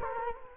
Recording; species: mosquito wingbeat signal from an infrared sensor; Culex quinquefasciatus